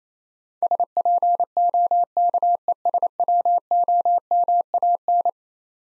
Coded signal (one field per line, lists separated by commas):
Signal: Morse code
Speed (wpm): 28 wpm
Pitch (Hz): 700 Hz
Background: none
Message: SPOKESWOMAN